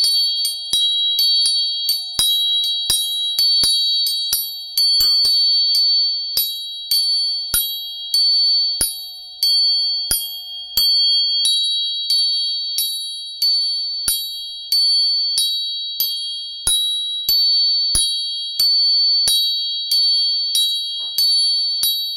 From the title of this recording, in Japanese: 音叉チューニング